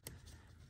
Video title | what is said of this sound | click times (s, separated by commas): How to replace Fuel Injectors on a 5.7 HEMI Dodge Charger Challenger Magnum Chrysler 300 | and once they click into place I'm going to push the red locking tab down | 0.1 s